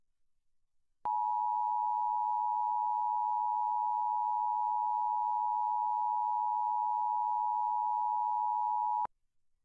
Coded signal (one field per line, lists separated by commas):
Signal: Emergency Alert System (SAME) tones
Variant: 853 and 960 Hz attention tone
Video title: Nickelodeon Emergency Alert System Test (April 2, 2020)